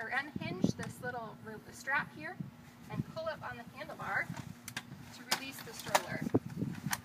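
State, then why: Seated. Someone talks while a folded 2014 Joovy Scooter stroller, weighing under 20 pounds, is unfolded: a small strap is unhinged and the handlebar is pulled up to release the frame. The stroller's frame fold lock clicks into place in its open, unfolded position at 6.9 s, and the lock is seated.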